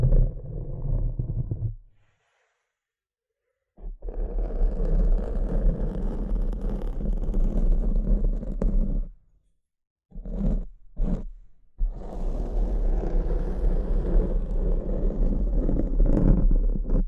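Tapping and scratching in dense, rumbling bursts with a heavy low thud underneath. A short burst opens, then silence until about four seconds, followed by a long stretch of continuous rough scraping, a pause near nine seconds, a few brief choppy strokes, and another sustained stretch to the end.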